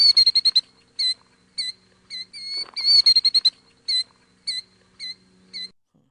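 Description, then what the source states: Killdeer calling: a quick burst of sharp, high notes, then single notes, another quick burst near the middle, then more single notes. Familiar, boisterous 'killdeer, killdeer' call and a fast, bubbly call of rolling trills.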